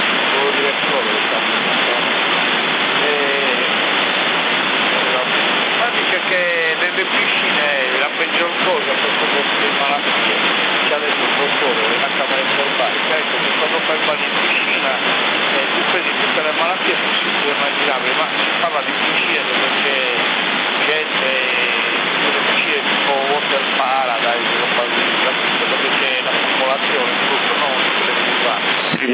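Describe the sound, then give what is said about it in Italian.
Water rushes steadily and unbroken from a swimming pool's water system, which is dosed with chlorine tablets, a dense, hissing flow like a pump-driven outlet, with muffled voices faintly mixed in beneath it. “Oh, c'è l'impianto dell'acqua, ci vanno le pastigliette del cloro, col cloruro di sodio.”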